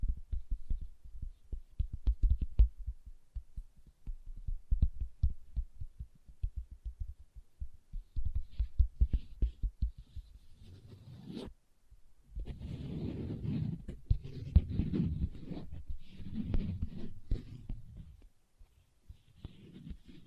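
Leather is tapped in quick, dull, low thumps, a dense irregular patter through the first ten seconds. After a brief lull near eleven seconds, slower rubbing and scratching strokes take over, rough swells with a faint hiss, fading out just before the end.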